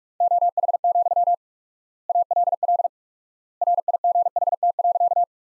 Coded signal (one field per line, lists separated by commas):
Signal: Morse code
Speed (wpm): 46 wpm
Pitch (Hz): 700 Hz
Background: none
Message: OH, ALL RIGHT.